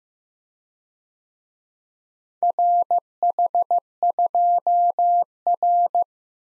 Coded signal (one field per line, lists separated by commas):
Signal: Morse code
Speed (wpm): 18 wpm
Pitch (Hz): 700 Hz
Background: none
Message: RH2R